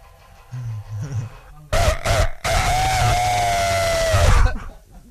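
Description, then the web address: Rooster crowing, one long sustained harmonic note held for nearly three seconds and then cut off, with a few short low sounds before it. Rooster crowing contest. "musee concours de coq"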